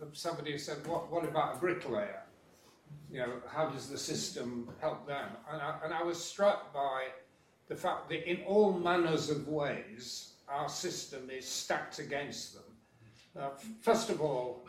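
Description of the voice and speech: An adult man speaks fluently as a panelist at an LSE Festival public event on retirement. His voice is clear and moderately pitched, with natural phrasing and brief pauses. This is typical speech with no disorder.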